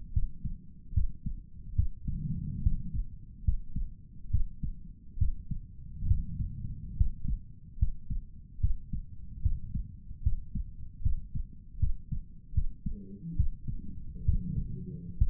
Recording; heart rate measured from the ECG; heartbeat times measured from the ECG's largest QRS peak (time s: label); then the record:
heart sounds by stethoscope; 72 bpm
0.13 s: heartbeat
0.93 s: heartbeat
1.75 s: heartbeat
2.62 s: heartbeat
3.44 s: heartbeat
4.30 s: heartbeat
5.18 s: heartbeat
6.07 s: heartbeat
6.96 s: heartbeat
7.78 s: heartbeat
8.60 s: heartbeat
9.42 s: heartbeat
10.22 s: heartbeat
11.02 s: heartbeat
11.79 s: heartbeat
12.54 s: heartbeat
13.36 s: heartbeat
14.25 s: heartbeat
15.17 s: heartbeat
From the record:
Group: healthy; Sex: male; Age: 35 years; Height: 178 cm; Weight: 64 kg